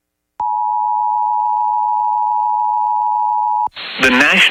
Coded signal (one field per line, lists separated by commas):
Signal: Emergency Alert System (SAME) tones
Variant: 853 and 960 Hz attention tone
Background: speech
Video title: ArkLaTex Wants More | EAS Alerts from January 18th, 2023 (EAS #2428-2437)